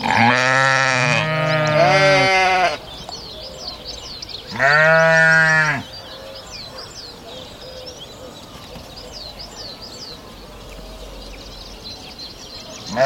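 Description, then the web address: Sheep bleating in long, wavering, harmonic-rich cries, two overlapping at first then another after a pause, and a fourth just starting at the end, with small birds chirping steadily in the background. "Ian Hubball Sheep"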